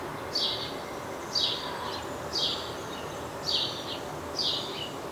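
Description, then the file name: House sparrow chirps: five harsh, slightly falling chirps about one per second, some with a short second note, over steady background hiss. "Passer domesticus"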